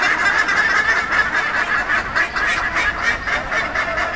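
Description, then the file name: Buff-necked ibises calling in chorus, with loud, brassy honking notes tumbling over one another in quick, uneven rhythm throughout. Several birds, named by the local name bandurrias, in Frutillar, Chile. "Bandurrias Theristicus caudatus in Frutillar Chile"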